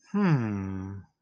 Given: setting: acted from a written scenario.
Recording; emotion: vocal sound without words; romantic love